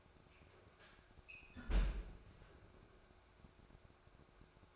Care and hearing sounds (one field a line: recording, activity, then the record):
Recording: daily activity, microphone in the room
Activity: close fridge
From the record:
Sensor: 2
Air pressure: 1004.5 hPa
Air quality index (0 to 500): 186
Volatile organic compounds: 10 ppm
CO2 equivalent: 2224 ppm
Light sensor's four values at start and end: 4/10/4/4 and 4/10/4/4